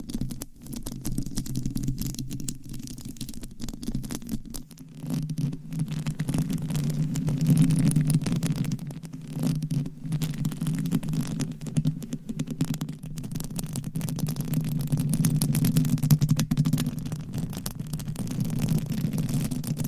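Steady low rumbling scratching of nails on a mic cover, with dense crackly rubbing textures that swell and ease slightly throughout the twenty seconds.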